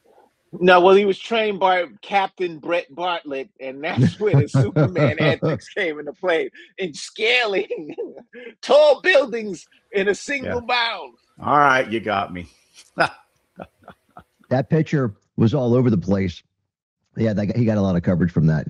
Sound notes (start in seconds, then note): 7.5 laughs; 13.6 laughs